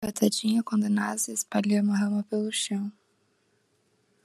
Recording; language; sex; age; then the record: short text; Brazilian Portuguese; female; 20 to 29 years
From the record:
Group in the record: control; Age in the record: 21 years